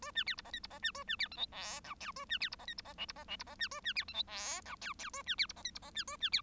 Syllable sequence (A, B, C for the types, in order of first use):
A B C D E F D E B A B C G H I J K A B C D E F D E L D E L D E B A B C G H I J K K A B C D E F D E B A B C